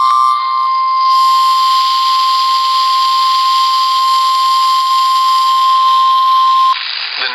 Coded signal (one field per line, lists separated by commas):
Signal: Emergency Alert System (SAME) tones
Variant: 1050 Hz attention tone